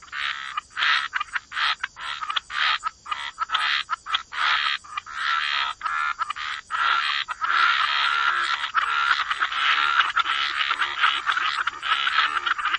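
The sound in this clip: Frogs calling in a chorus, with choppy raspy bursts early on that merge into a continuous rattling wash, all against a constant high-pitched hiss.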